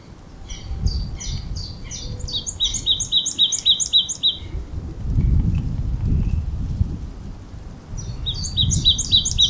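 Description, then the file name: Marsh tit calls: two runs of rapid, high, sharp notes, a long first run and a shorter second one, over a low background rumble. "Poecile palustris"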